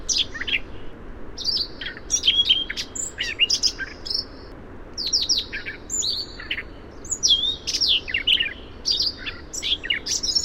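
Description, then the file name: Siberian rubythroat delivering a lively varied song of high-pitched whistles, sharp chirps and scratchy notes over a steady low hiss. Variation. "suara siberian rubythroat variasi"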